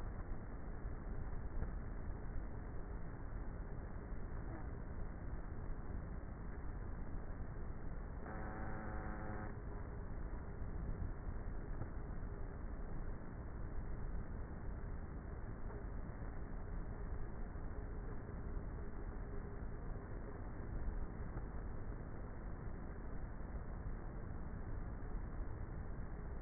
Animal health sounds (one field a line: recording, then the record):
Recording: honeybee colony, microphone inside the hive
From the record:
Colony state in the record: queenless with a low population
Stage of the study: before two queens were removed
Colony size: about 30,000 bees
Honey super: no